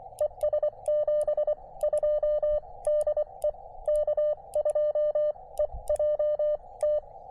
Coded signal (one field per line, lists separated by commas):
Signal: Morse code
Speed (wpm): 24 wpm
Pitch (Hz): 590 Hz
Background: none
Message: E S 72 DE K2EJT